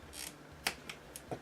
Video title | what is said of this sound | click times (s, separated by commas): Replacing the screen on my LG G4 An experiment in frugality | then you should hear a click like that. | 0.7 s